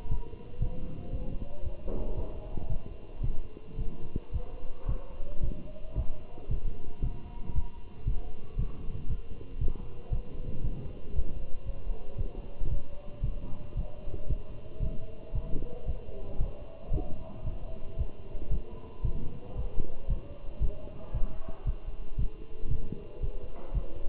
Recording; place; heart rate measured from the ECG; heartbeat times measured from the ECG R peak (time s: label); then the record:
heart sounds by stethoscope; between the tricuspid and mitral areas; 114 bpm
0.11 s: heartbeat
0.62 s: heartbeat
1.12 s: heartbeat
1.64 s: heartbeat
2.17 s: heartbeat
2.70 s: heartbeat
3.24 s: heartbeat
3.79 s: heartbeat
4.34 s: heartbeat
4.89 s: heartbeat
5.43 s: heartbeat
5.97 s: heartbeat
6.51 s: heartbeat
7.04 s: heartbeat
7.56 s: heartbeat
8.07 s: heartbeat
8.59 s: heartbeat
9.10 s: heartbeat
9.61 s: heartbeat
10.13 s: heartbeat
10.64 s: heartbeat
11.15 s: heartbeat
11.66 s: heartbeat
12.18 s: heartbeat
12.71 s: heartbeat
13.24 s: heartbeat
13.77 s: heartbeat
14.30 s: heartbeat
14.83 s: heartbeat
15.35 s: heartbeat
15.88 s: heartbeat
16.41 s: heartbeat
16.93 s: heartbeat
17.46 s: heartbeat
17.98 s: heartbeat
18.52 s: heartbeat
19.05 s: heartbeat
19.57 s: heartbeat
20.10 s: heartbeat
20.62 s: heartbeat
21.14 s: heartbeat
21.67 s: heartbeat
22.19 s: heartbeat
22.71 s: heartbeat
23.22 s: heartbeat
23.75 s: heartbeat
From the record:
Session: walking at 3.7 km/h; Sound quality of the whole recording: good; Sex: male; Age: 27 years